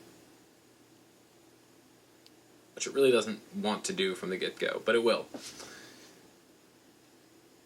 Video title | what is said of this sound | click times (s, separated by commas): Otium One / OUMAX Smart Watch for Android / iOS Unboxing and Hands-On Review | and just push straight down until it clicks in. | 2.3 s